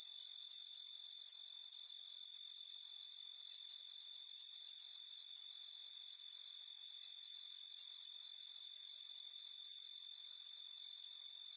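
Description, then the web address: Crickets chirping in an unbroken shrill trill that stays level in loudness from start to finish. Forest nature ambience with crickets and other insects. "SFXBible ambience-nature-forest-birds-crickets-insects"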